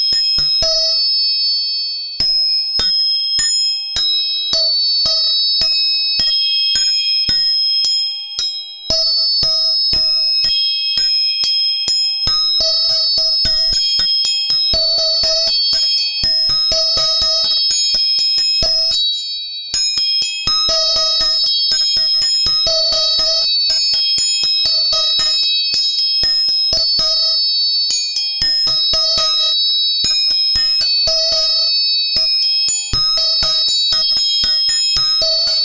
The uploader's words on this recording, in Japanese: 音叉チューニング全体性。